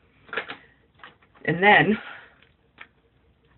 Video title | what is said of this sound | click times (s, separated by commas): My new Makeup look! | your mascara is closer you will hear it click | 0.3 s